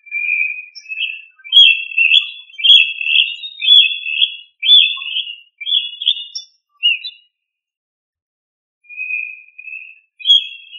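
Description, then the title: Rail giving a series of high, squeaky whistled notes, with a pause before a few more notes follow. "LuckyFamilia RallidaeFrangoSama"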